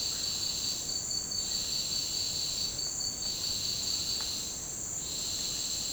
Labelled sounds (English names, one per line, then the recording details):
none
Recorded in dense forest near Puerto Asís, Putumayo, Colombia, on 24 March 2025 at 08:30
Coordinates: 0.485, -76.318
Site G056